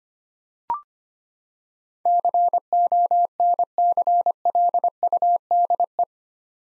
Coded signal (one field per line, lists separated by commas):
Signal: Morse code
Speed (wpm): 25 wpm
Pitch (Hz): 700 Hz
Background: none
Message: CONCLUDE